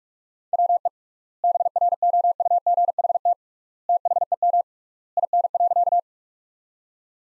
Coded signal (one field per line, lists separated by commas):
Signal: Morse code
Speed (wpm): 41 wpm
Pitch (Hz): 700 Hz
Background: none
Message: WE BROUGHT THEM IN.